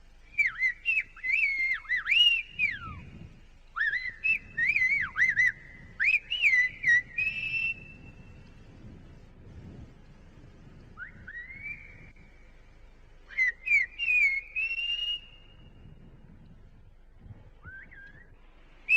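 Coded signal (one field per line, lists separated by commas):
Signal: whistled language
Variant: Silbo Gomero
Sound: loud gliding whistles rising and falling between phrases, pauses between exchanges, over low rumble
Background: outdoor wind rumble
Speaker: That is the unique whistling language of Gomero. And those men are talking to each other across a ravine about a mile wide.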